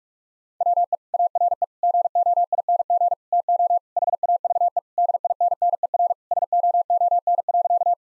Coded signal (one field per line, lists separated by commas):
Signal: Morse code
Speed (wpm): 46 wpm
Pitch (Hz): 700 Hz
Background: none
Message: WE ARE GOING TO HAVE DINNER SOON.